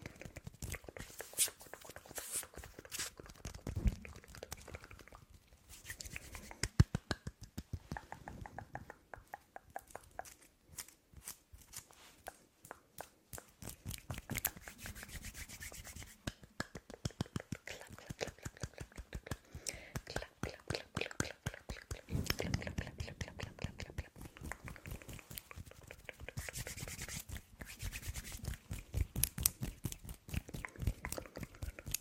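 Fast, aggressive hand movements and mouth sounds. Dense bursts of rapid tapping, rubbing and wet clicks come in quick irregular runs, with a brief sparser lull around ten to fourteen seconds before the activity picks up again.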